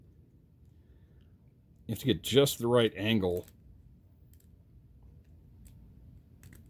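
A swappable plastic head of a Super 7 ThunderCats Ultimates Slithe action figure is worked back onto the figure's neck ball joint, searching for the right angle. Someone talks briefly, followed by faint, sharp plastic ticks as the head is handled. Nothing has seated or clicked into place yet by the end.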